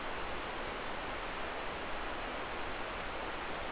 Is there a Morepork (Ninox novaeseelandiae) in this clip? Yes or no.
no